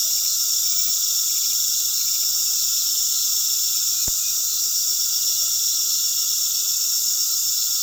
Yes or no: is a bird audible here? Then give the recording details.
no. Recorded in pastures near Puerto Asís, Putumayo, Colombia, on 19 February 2024 at 19:00. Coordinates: 0.468, -76.328. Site G6414